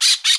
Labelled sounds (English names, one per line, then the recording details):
Brown-throated Parakeet contact call
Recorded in Bonaire
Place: 1 km E of roosting area just N of Seru Largu
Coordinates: 12.199, -68.268